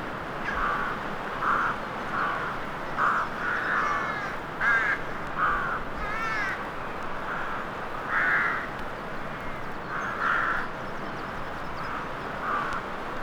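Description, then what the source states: Crows cawing, many short harsh caws in an irregular series over a steady background hiss. Crows in a graveyard atmosphere, horror soundscape, from vinyl.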